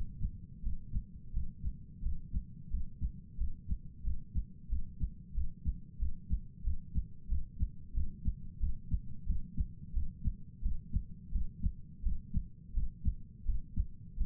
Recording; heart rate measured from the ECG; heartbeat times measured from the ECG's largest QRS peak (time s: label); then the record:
heart sounds by stethoscope; 89 bpm
0.63 s: heartbeat
1.34 s: heartbeat
2.03 s: heartbeat
2.71 s: heartbeat
3.38 s: heartbeat
4.04 s: heartbeat
4.70 s: heartbeat
5.35 s: heartbeat
5.99 s: heartbeat
6.64 s: heartbeat
7.29 s: heartbeat
7.94 s: heartbeat
8.60 s: heartbeat
9.27 s: heartbeat
9.94 s: heartbeat
10.63 s: heartbeat
11.32 s: heartbeat
12.03 s: heartbeat
12.74 s: heartbeat
13.46 s: heartbeat
14.18 s: heartbeat
From the record:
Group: healthy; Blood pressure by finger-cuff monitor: 95/54 mmHg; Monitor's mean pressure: 64 mmHg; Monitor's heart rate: 90 bpm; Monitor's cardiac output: 7.5 L/min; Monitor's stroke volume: 82 mL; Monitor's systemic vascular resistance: 580 dyn s/cm5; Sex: male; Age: 19 years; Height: 178 cm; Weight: 83 kg